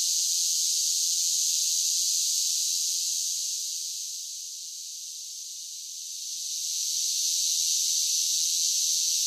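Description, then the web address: Cicadas in a dense chorus, a continuous high hissing buzz that fades down midway and swells back up. Large groups of cicadas singing. "Blast Wave 5 1 5 1 SSFX Cicadas Sing"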